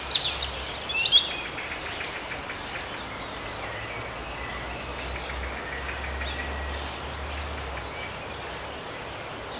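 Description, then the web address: Eurasian blue tit: high descending notes breaking into fast stuttered trills, three bursts spaced several seconds apart, faint chirps in between. "modraszkoteka"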